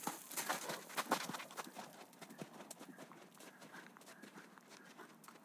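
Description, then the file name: Horse galloping, a burst of loud hoof thuds in the first seconds easing into fainter scuffing steps. Horses galloping outside in sand. "G 4 F SFX - HORSES - Galloping outside in sand"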